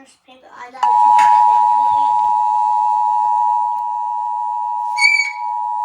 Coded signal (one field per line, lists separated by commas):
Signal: Emergency Alert System (SAME) tones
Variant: 853 and 960 Hz attention tone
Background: speech